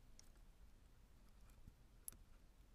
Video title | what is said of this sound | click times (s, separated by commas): BMW e60 5 series AUX audio ipod install DIY | when you hear the click it's locked in place | 2.1 s